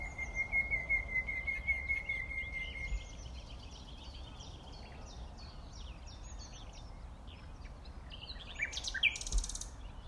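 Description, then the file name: Common nightingale song: a steady rattling trill of rapid repeated notes for about three seconds, then soft chirping and a brief noisy burst. "Luscinia megarhynchos"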